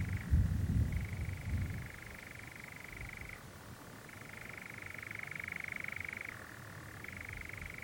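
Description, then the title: European Nightjar churring continuously with shifts between higher and lower pitch, a low rumbling thud at the start. Nocturnal bird churring on a warm June summer evening on a hill in the Brecon Beacons, among honeysuckle and foxgloves. "Sound Escape. the mesmerising churring of a nightjar on a summer's night"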